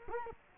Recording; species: mosquito wingbeat signal from an infrared sensor; Culex quinquefasciatus